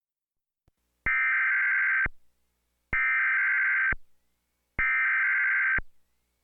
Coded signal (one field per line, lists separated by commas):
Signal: Emergency Alert System (SAME) tones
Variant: header bursts